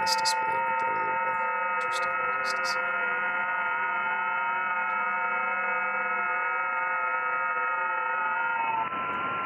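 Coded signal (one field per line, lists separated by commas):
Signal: FT8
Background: speech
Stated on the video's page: Live HF stream hunting park activations during a state QSO party weekend, rough conditions.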